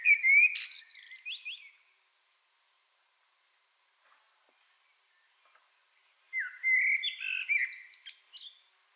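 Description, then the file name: Common blackbird song: two phrases several seconds apart, each made of clear whistles that break into high thin twittering. "Turdus merula"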